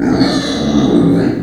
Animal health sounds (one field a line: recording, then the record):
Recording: squeal of a Yucatan mini pig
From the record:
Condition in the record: before surgery on the right vocal fold (resection and tissue-engineered implant)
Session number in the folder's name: 3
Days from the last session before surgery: 0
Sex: female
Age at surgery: 19 weeks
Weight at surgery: 25 kg